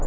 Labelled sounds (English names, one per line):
Hermit Warbler flight call